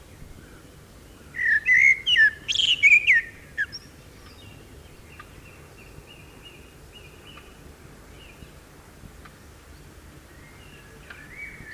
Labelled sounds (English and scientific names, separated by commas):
Common Blackbird (Turdus merula) song